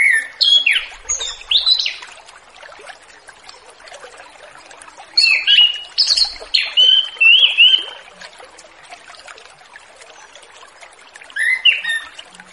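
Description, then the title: Orange-headed thrush song in several bursts of varied whistled and scratchy phrases, with quiet gaps of a few seconds between them. Relaxed, open-toned song style (ngeplong santai), used as a lure for a free-flying spotted orange-headed thrush (trotol). "Anis Kembang Ngeplong Santai , Untuk Pancingan Anis Kembang Lepas Trotol"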